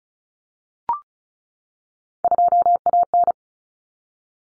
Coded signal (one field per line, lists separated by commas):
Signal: Morse code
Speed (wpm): 34 wpm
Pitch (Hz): 700 Hz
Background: none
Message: 2AN